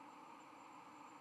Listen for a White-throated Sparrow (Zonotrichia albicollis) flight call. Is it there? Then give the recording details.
no. No flight call is heard. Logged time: 02:16 on 31 October 2014